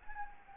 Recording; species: mosquito wingbeat signal from an infrared sensor; Anopheles gambiae